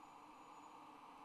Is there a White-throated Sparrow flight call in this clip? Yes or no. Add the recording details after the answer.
no. No flight call is heard. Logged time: 06:47 on 26 November 2014